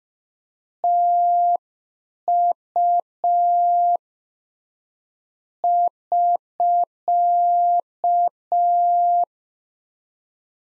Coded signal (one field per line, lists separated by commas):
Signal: Morse code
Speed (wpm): 5 wpm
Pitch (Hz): 700 Hz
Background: none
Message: TU <SK>